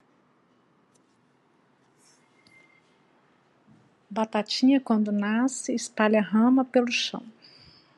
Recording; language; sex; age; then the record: short text; Brazilian Portuguese; female; 50 to 59 years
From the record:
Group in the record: control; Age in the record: 50 years